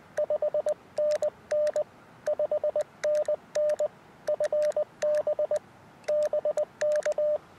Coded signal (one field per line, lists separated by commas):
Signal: Morse code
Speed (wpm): 20 wpm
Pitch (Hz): 600 Hz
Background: radio noise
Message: 5NN 5NN FB BK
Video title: 10MHz CW 599BK +α QTH OP BURO 難しいところデコード付 初心者CW 河川敷でアンテナ調整 逆V型DP 河川敷シャック 2024/11/22 アマチュア無線 VLOG 570